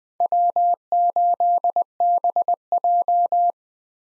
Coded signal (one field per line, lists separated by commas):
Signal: Morse code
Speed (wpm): 20 wpm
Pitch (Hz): 700 Hz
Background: none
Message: W8BJ